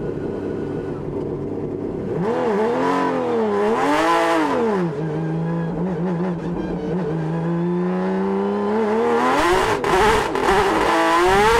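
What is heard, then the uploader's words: A flat-six engine sings from inside the car, its pitch swooping up and down with revs, then climbing steadily to a loud wail near the end. Porsche 911 RSR In-Car Audio, Monterey 2019. Singing to the heavens with its 4.0-liter flat-6 engines and rear-facing exhausts.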